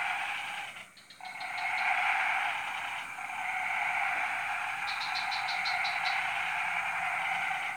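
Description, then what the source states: Frog chorus, a dense continuous trilling wall of calls with short bursts of rapid pulsed notes, one brief dip near the first second. Frog chorus recorded at 03:00 on Tuesday 14 February 2017 at Jalan Kolonel Sugiono No. 9, Kuala Kapuas, Central Kalimantan, Indonesia.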